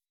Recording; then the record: hydrophone in a shrimp aquaculture tank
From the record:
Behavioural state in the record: weakened